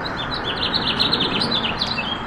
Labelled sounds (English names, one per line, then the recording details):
House Finch song
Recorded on Long Island, New York, on 28 May 2012
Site RH
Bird A